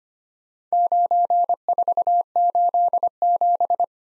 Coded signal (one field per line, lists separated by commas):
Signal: Morse code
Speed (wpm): 25 wpm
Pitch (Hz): 700 Hz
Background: none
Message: 9487